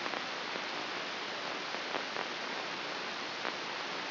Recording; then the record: brain microelectrode recording played as sound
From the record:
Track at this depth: inside the subthalamic nucleus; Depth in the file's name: 3.228 mm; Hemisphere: left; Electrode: 3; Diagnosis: Parkinson's disease